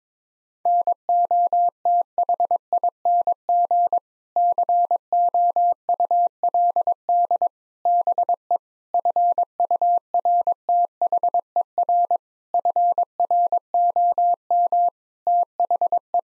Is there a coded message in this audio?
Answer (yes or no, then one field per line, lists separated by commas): yes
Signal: Morse code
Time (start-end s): 0.7-16.2 s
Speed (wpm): 21 wpm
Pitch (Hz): 700 Hz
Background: none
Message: NOTHING COULD BE FURTHER FROM THE